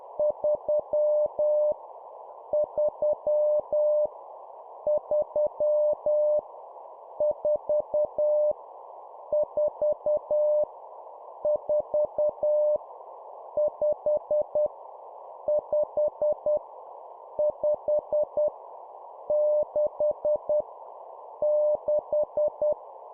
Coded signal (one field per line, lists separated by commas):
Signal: Morse code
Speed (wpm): 10 wpm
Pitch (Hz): 600 Hz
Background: none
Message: 3 3 3 4 4 4 5 5 5 6 6